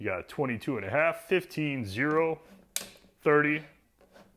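Someone talks while swinging the miter table of an Evolution R210CMS compound miter saw toward its 45-degree detent. The clip ends before the turntable reaches it, so nothing has seated or clicked yet.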